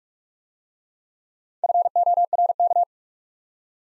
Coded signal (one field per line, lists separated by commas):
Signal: Morse code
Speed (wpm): 46 wpm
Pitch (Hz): 700 Hz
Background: none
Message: FORK